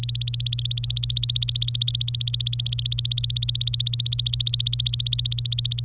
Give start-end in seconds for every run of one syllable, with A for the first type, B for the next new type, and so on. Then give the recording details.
0.00-5.82 A. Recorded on 25 April 2018 at 11:54. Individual llb3